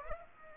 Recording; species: mosquito wingbeat signal from an infrared sensor; Aedes aegypti